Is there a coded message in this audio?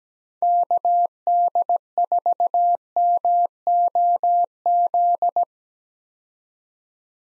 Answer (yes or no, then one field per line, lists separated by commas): yes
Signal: Morse code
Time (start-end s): 0.4-5.4 s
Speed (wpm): 17 wpm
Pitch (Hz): 700 Hz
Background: none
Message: KD4MOZ